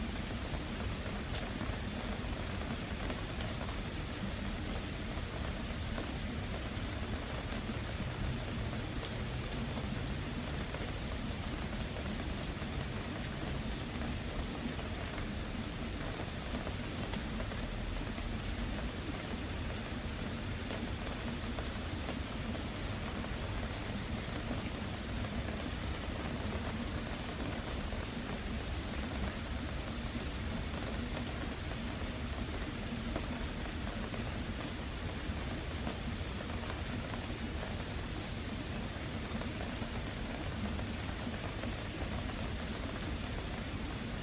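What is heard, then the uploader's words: Rain falls in a steady, dense hiss over a constant low rumble, staying even in loudness from start to finish. Queensland Storm. The sounds of a storm rolling in over Brisbane.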